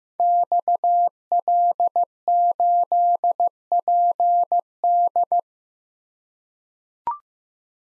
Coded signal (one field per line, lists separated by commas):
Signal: Morse code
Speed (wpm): 16 wpm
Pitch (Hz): 700 Hz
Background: none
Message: XL8PD